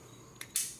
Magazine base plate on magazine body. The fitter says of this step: gonna hear that click then once you see it click you're gonna see it move